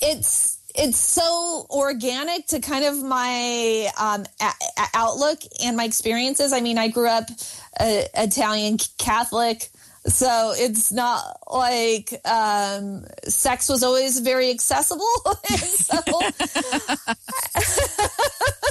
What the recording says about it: People who react to my stutter in weird and strange ways. The problem with having a stutter isn't the stutter, but it's other people's reaction to the stutter.